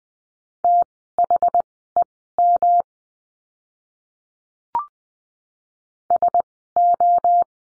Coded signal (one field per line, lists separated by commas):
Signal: Morse code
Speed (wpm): 20 wpm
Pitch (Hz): 700 Hz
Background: none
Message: THEM SO